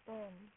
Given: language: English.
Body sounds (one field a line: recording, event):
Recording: throat vibration sensor signal played as sound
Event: speech